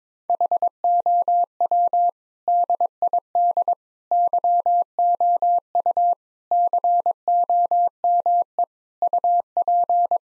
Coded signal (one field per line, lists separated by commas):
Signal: Morse code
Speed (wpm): 22 wpm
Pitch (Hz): 700 Hz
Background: none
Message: HOW DID YOU COME UP